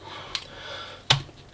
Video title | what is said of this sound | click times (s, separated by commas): Dino Emperor Review | There we go. | 1.1 s